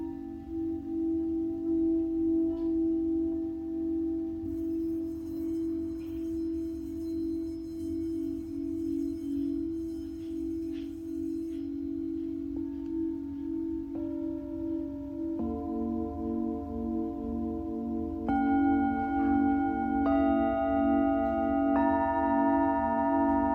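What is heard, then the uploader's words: A Tibetan singing bowl hums with a steady low drone, while new bright ringing tones swell in around fifteen and eighteen seconds. Tibetan Singiing Bowl のサウンドヒーリングチャンネル LIVE.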